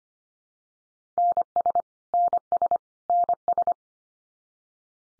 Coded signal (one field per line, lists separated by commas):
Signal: Morse code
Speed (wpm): 25 wpm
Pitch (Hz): 700 Hz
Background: none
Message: NS NS NS